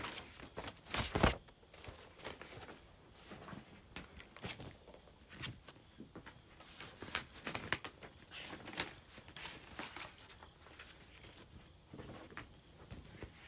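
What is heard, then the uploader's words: Items are moved around, with frequent short knocks, scrapes and rustles scattered through the whole thirteen seconds. The loudest clatter lands just after the first second; after that the handling continues at a steady, busy level, with a faint high whine in the background. ASMR Moving Various Items Around.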